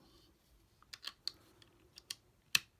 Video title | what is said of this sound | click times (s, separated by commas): Shinkansen Henkei Robo Shinkalion Z The Animation N700S Hida Set Review | and they just click right into place and then we pop in our new arms | 1.3 s, 2.5 s